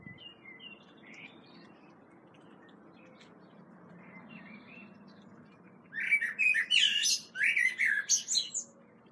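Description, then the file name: Common blackbird song: soft fluted notes at first, then a loud burst of squeaky, twittering high phrases in the last three seconds over a steady low hum. "Turdus merula"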